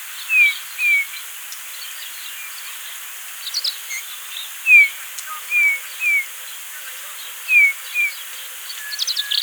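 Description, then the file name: Eurasian bullfinch giving soft downslurred whistles, often in pairs, repeated throughout, with faint high chips from other birds near the end. "Pyrrhula pyrrhula"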